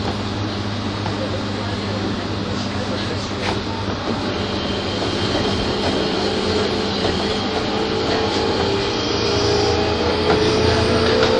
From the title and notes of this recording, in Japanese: 一昔前まで中央線東京口の主役だった201系、優等運用となる中央特快を収録したものです。201系 中央特快 01/01: 東京～高尾。